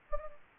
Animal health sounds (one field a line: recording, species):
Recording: mosquito wingbeat signal from an infrared sensor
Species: Anopheles gambiae